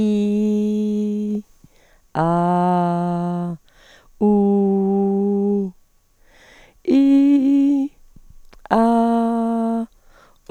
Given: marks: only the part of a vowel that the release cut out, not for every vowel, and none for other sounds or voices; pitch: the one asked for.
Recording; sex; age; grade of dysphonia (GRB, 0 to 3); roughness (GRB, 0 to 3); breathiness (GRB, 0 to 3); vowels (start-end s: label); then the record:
sustained vowels; female; 60 to 69 years; 0; 0; 0
0.00-1.28 s: vowel /i/, normal pitch
2.23-3.44 s: vowel /a/, normal pitch
4.29-5.57 s: vowel /u/, normal pitch
6.96-7.80 s: vowel /i/, high pitch
8.79-9.78 s: vowel /a/, high pitch
From the record:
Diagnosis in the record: hyperfunctional dysphonia, dysodia (singing voice disorder); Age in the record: 64 years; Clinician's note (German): Multifaktoriell mit beginnender Altersstimme